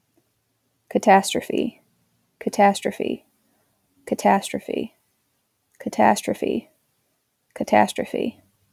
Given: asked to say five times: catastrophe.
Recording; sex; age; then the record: repeated word; female; 20 to 29 years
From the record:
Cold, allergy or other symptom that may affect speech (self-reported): no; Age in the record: 27 years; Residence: Michigan, United States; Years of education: 16